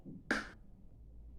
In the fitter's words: vocês vão dar um clique escutem